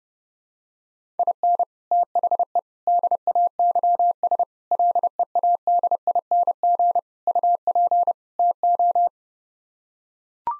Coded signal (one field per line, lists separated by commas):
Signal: Morse code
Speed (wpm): 30 wpm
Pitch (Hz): 700 Hz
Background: none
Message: IN THE DAYS LEADING UP TO